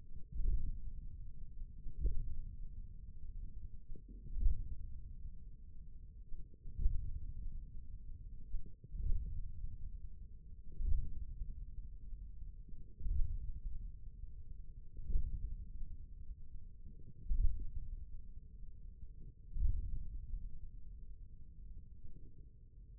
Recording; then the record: forearm muscle sounds (acoustic myography)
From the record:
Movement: radial deviation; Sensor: system 1, eight BSWA MPA416 microphones around the upper forearm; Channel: 1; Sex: male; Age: 41 years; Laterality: right